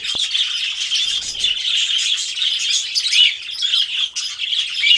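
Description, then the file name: Group of Budgerigar calling continuously, a thick chorus of shrill chirps and squeaky warbled notes with a brief soft thud near the start. A flock of parakeets calling together. "suara parkit rombongan. omkicau"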